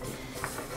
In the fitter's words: I mean you just set it on top and it snaps right in and then you're ready to go